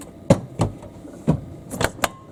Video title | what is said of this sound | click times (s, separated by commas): Frigidaire Water Filter - ULTRAWF Cartridge HOW TO INSTALL REMOVE AND RESET | there it was you heard the little click click that's what you want that's what you want when you push it in | 0.3 s, 2.0 s